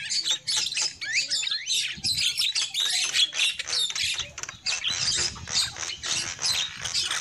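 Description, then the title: Lovebirds chattering busily, high scratchy squeaks and twittering notes crowding together almost without pause. Lure call used for trapping lovebirds. "PIKAT BURUNG LOVEBIRD"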